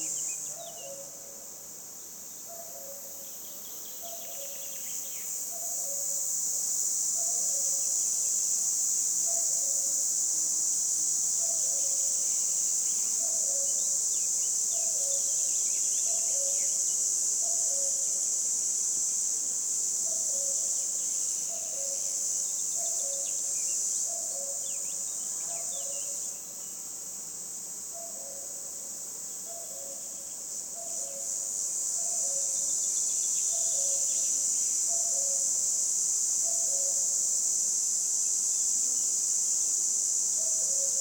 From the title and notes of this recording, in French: LA CIGALE DITE "ROUGE". Route de Chatillon en diois - 11h10 - NagraLB - mkh20 omni. L'ambiance estivale au bord de la route entre Luc et Chatillon en diois. Le début du chant est hésitant ce qui caractérise le chant de cette cigale ensuite elle développe toute la puissance de sa cymbalisation.